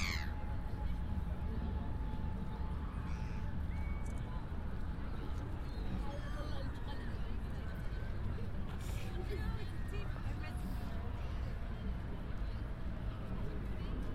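A field recording walking through a park, with a steady, dense rumble of crowd and traffic filling the low end. Voices murmur throughout, a faint thin tone hangs for the first six seconds, and scattered brief chirps and clicks pass by.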